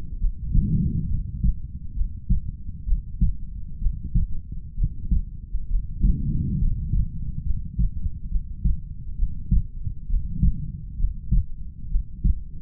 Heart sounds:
heart sounds by stethoscope; 67 bpm
0.19 s: heartbeat
1.08 s: heartbeat
1.94 s: heartbeat
2.86 s: heartbeat
3.79 s: heartbeat
4.76 s: heartbeat
5.68 s: heartbeat
6.59 s: heartbeat
7.43 s: heartbeat
8.29 s: heartbeat
9.16 s: heartbeat
10.07 s: heartbeat
10.97 s: heartbeat
11.89 s: heartbeat
From the record:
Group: healthy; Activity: rest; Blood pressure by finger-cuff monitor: 89/60 mmHg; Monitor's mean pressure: 69 mmHg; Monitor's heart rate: 66 bpm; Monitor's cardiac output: 5.2 L/min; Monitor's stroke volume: 78 mL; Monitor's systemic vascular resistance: 940 dyn s/cm5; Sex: female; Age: 22 years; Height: 160 cm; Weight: 45 kg

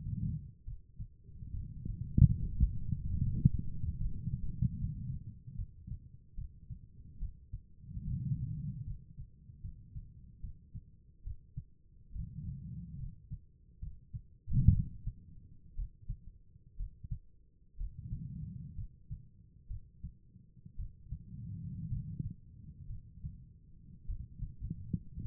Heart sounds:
heart sounds by stethoscope; 66 bpm
0.64 s: heartbeat
1.53 s: heartbeat
2.39 s: heartbeat
3.19 s: heartbeat
3.98 s: heartbeat
4.78 s: heartbeat
5.56 s: heartbeat
6.35 s: heartbeat
7.19 s: heartbeat
8.04 s: heartbeat
8.84 s: heartbeat
9.61 s: heartbeat
10.41 s: heartbeat
11.23 s: heartbeat
12.12 s: heartbeat
12.97 s: heartbeat
13.79 s: heartbeat
14.72 s: heartbeat
15.75 s: heartbeat
16.76 s: heartbeat
17.77 s: heartbeat
18.75 s: heartbeat
19.68 s: heartbeat
20.76 s: heartbeat
21.88 s: heartbeat
22.87 s: heartbeat
24.06 s: heartbeat
25.22 s: heartbeat
From the record:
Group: healthy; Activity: cold pressor test 0-16 s, rest 16-25 s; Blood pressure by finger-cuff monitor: 97/60 mmHg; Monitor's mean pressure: 70 mmHg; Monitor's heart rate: 66 bpm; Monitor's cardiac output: 4.7 L/min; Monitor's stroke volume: 75 mL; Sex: female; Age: 36 years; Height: 163 cm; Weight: 88 kg

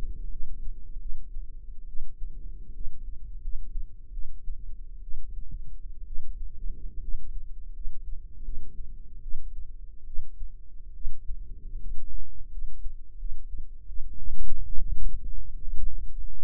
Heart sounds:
heart sounds by microphone in the right ear; 74 bpm
0.31 s: heartbeat
1.00 s: heartbeat
1.87 s: heartbeat
2.73 s: heartbeat
3.41 s: heartbeat
4.12 s: heartbeat
5.02 s: heartbeat
6.05 s: heartbeat
7.01 s: heartbeat
7.72 s: heartbeat
8.43 s: heartbeat
9.21 s: heartbeat
10.06 s: heartbeat
10.94 s: heartbeat
11.79 s: heartbeat
12.50 s: heartbeat
13.18 s: heartbeat
13.87 s: heartbeat
14.65 s: heartbeat
15.63 s: heartbeat
From the record:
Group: healthy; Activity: rest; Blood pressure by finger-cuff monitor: 101/63 mmHg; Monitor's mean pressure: 77 mmHg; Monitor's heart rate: 81 bpm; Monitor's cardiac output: 6.9 L/min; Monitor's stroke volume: 85 mL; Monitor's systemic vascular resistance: 780 dyn s/cm5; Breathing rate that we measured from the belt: 13 breaths a minute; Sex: female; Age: 22 years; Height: 157 cm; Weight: 47.6 kg

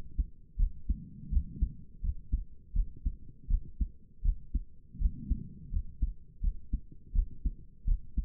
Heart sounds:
heart sounds by stethoscope; 82 bpm
0.58 s: heartbeat
1.31 s: heartbeat
2.02 s: heartbeat
2.74 s: heartbeat
3.49 s: heartbeat
4.23 s: heartbeat
4.99 s: heartbeat
5.71 s: heartbeat
6.42 s: heartbeat
7.13 s: heartbeat
7.86 s: heartbeat
From the record:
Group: healthy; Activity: rest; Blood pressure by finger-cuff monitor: 93/55 mmHg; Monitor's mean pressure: 68 mmHg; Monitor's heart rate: 83 bpm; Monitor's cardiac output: 7.3 L/min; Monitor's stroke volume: 88 mL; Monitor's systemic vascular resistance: 680 dyn s/cm5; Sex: female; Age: 22 years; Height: 163 cm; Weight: 67.1 kg

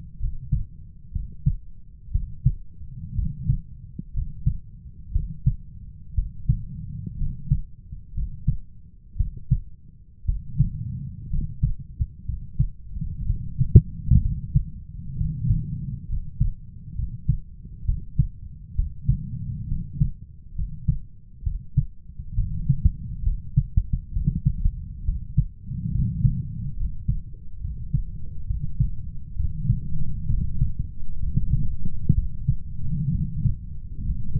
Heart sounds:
heart sounds by stethoscope; 64 bpm
0.19 s: heartbeat
1.12 s: heartbeat
2.11 s: heartbeat
3.14 s: heartbeat
4.13 s: heartbeat
5.11 s: heartbeat
6.14 s: heartbeat
7.17 s: heartbeat
8.13 s: heartbeat
9.16 s: heartbeat
10.25 s: heartbeat
11.29 s: heartbeat
12.25 s: heartbeat
13.25 s: heartbeat
14.21 s: heartbeat
15.16 s: heartbeat
16.08 s: heartbeat
16.95 s: heartbeat
17.84 s: heartbeat
18.74 s: heartbeat
19.67 s: heartbeat
20.54 s: heartbeat
21.42 s: heartbeat
22.34 s: heartbeat
23.22 s: heartbeat
24.12 s: heartbeat
25.04 s: heartbeat
25.90 s: heartbeat
26.75 s: heartbeat
27.60 s: heartbeat
28.46 s: heartbeat
29.35 s: heartbeat
30.28 s: heartbeat
31.19 s: heartbeat
32.14 s: heartbeat
33.11 s: heartbeat
34.01 s: heartbeat
From the record:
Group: healthy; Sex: male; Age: 23 years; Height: 178 cm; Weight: 96.6 kg

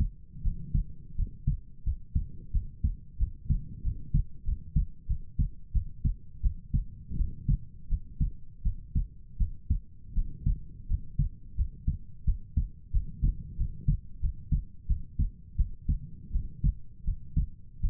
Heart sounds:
heart sounds by stethoscope; 86 bpm
0.42 s: heartbeat
1.15 s: heartbeat
1.83 s: heartbeat
2.51 s: heartbeat
3.17 s: heartbeat
3.82 s: heartbeat
4.44 s: heartbeat
5.06 s: heartbeat
5.72 s: heartbeat
6.41 s: heartbeat
7.16 s: heartbeat
7.88 s: heartbeat
8.62 s: heartbeat
9.37 s: heartbeat
10.13 s: heartbeat
10.87 s: heartbeat
11.55 s: heartbeat
12.24 s: heartbeat
12.91 s: heartbeat
13.56 s: heartbeat
14.20 s: heartbeat
14.86 s: heartbeat
15.56 s: heartbeat
16.31 s: heartbeat
17.04 s: heartbeat
17.80 s: heartbeat
From the record:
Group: healthy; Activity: rest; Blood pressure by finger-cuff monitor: 75/53 mmHg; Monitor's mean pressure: 62 mmHg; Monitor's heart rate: 87 bpm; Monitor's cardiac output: 6.7 L/min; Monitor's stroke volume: 76 mL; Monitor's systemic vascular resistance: 640 dyn s/cm5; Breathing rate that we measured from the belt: 19 breaths a minute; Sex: female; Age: 19 years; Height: 163 cm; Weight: 48.9 kg

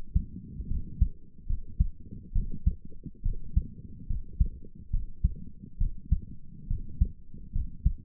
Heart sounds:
heart sounds by stethoscope; 70 bpm
0.67 s: heartbeat
1.46 s: heartbeat
2.32 s: heartbeat
3.22 s: heartbeat
4.07 s: heartbeat
4.90 s: heartbeat
5.77 s: heartbeat
6.67 s: heartbeat
7.52 s: heartbeat
From the record:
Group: healthy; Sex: female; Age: 22 years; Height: 154 cm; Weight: 58.7 kg

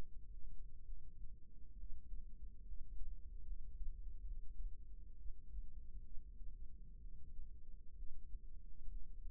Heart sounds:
heart sounds by microphone in the right ear; 67 bpm
0.84 s: heartbeat
1.76 s: heartbeat
2.64 s: heartbeat
3.45 s: heartbeat
4.23 s: heartbeat
5.15 s: heartbeat
6.01 s: heartbeat
6.99 s: heartbeat
7.95 s: heartbeat
8.88 s: heartbeat
From the record:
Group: healthy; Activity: rest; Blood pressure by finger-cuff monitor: 129/70 mmHg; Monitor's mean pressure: 89 mmHg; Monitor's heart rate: 64 bpm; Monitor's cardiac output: 5.8 L/min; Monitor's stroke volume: 91 mL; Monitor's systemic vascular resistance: 1110 dyn s/cm5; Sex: female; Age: 37 years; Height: 168 cm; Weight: 70 kg

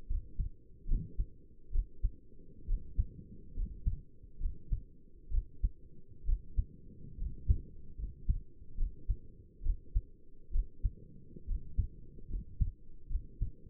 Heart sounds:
heart sounds by stethoscope; 69 bpm
0.10 s: heartbeat
0.89 s: heartbeat
1.73 s: heartbeat
2.68 s: heartbeat
3.56 s: heartbeat
4.41 s: heartbeat
5.32 s: heartbeat
6.27 s: heartbeat
7.19 s: heartbeat
7.99 s: heartbeat
8.78 s: heartbeat
9.64 s: heartbeat
10.53 s: heartbeat
11.48 s: heartbeat
12.30 s: heartbeat
13.10 s: heartbeat
From the record:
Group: healthy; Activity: rest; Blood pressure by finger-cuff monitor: 101/58 mmHg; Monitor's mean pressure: 71 mmHg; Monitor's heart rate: 71 bpm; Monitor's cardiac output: 6.8 L/min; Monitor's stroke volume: 98 mL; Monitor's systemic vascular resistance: 750 dyn s/cm5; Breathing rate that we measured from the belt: 14 breaths a minute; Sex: male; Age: 22 years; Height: 181 cm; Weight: 79 kg

